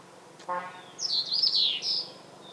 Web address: burmese yuhina. صدای-پرنده-یوهین-برمهای